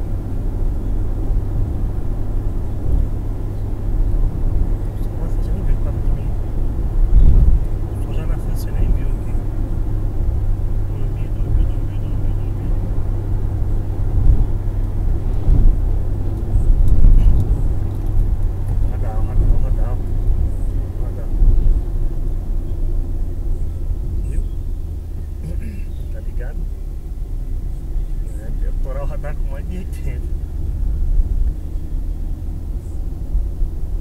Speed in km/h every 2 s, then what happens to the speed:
83, 86, 89, 91, 94, 93, 93, 91, 89, 85, 77, 52, 39, 38, 40, 44, 48.
0-8 speeds up to 94. 12-24 brakes to 39. 28-34 speeds up to 48.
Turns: none.